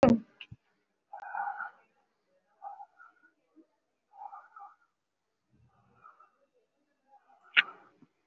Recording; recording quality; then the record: deep breathing; moderate, slight background noise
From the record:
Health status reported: respiratory illness, not identified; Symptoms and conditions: breathing difficulty, fatigue, muscle pain, chronic lung disease, pneumonia, diabetes, ischaemic heart disease, another condition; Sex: male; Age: 72 years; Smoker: yes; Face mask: worn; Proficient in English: no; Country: India